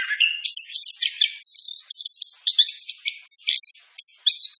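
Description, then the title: Orange-headed thrush song of rapid, high, scratchy notes and thin whistles, repeated in short bursts with brief gaps, steady and loud. Kept songbird described as singing vigorously with long-breathed, powerful song. "Anis Kembang Gacor Dor. Anis Kembang Gacor Istimewa Suara Dahsyat Nafas Panjang"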